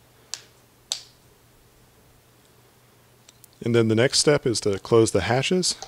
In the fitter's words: And again, you're going to hear the snaps go all the way around. So you're going to want to make sure you hear those snaps.